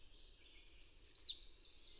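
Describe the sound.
Bird song: a thin, very high run of sliding whistles dropping in pitch, followed by a faint lingering high tone.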